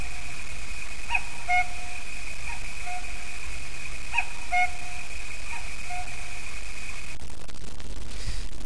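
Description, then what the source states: Common cuckoo giving falling two-note cu-coo calls with fainter repeats between, against constant low rumbling noise and a steady high tone; a rustling clatter near the end. Recorded in Prague, 2005.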